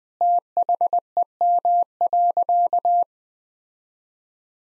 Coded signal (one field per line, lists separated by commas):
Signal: Morse code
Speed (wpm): 20 wpm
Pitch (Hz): 700 Hz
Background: none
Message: THEM.